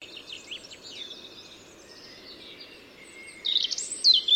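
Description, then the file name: European robin song: faint high warbling notes, then a louder burst of sharp, thin phrases near the end, over steady background hiss. "Erithacus rubecula"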